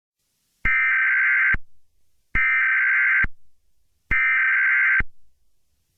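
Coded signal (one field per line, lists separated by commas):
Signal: Emergency Alert System (SAME) tones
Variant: header bursts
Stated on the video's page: Simulated EAS Amber Alert mock inserted in a cartoon; not a real alert.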